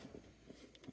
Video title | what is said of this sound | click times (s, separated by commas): Toyota/Scion Oxygen Sensor Replacement | you hear the clicks | 0.8 s